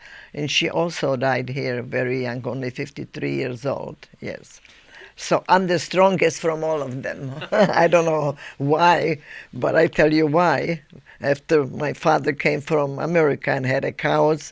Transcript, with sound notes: And she also died here very young, only fifty three years old, yes. So, I'm the strongest from all of them. (they laugh) I don't know why? But I tell you why, after my father came from America and had the cows,